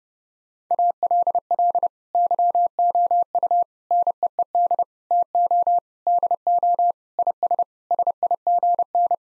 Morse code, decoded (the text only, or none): ALL YOU NEED TO DO IS SIGN